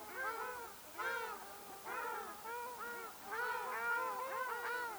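Ruddy shelduck calls, nasal honks in irregular clusters, several birds calling over one another.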